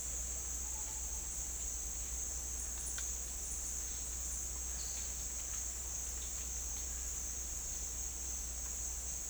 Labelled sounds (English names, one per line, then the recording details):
none
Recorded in dense forest near Puerto Asís, Putumayo, Colombia, on 21 December 2024 at 09:30
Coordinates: 0.486, -76.317
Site G003